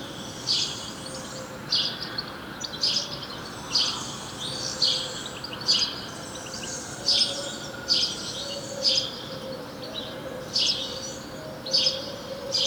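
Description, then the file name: House sparrow chirps, short bursts repeated roughly every second, over a faint hum and background noise. "Passer domesticus"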